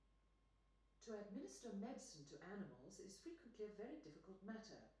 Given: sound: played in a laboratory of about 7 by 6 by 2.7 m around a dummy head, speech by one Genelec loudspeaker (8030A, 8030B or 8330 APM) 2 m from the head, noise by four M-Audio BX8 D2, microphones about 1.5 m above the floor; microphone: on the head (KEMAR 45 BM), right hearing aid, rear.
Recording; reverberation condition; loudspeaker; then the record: female speech in English; medium; 60 degrees to the left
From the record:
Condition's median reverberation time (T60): about 510 ms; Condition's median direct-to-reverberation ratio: about -0.5 dB